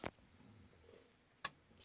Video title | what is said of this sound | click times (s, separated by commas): How to: Thread a Babylock Valiant | slide it through did you hear that click you just slid it through so now that's underneath there okay | 1.5 s